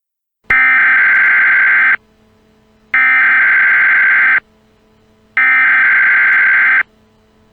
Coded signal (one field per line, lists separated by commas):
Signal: Emergency Alert System (SAME) tones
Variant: header bursts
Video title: EAS Scenario - Negative Lightning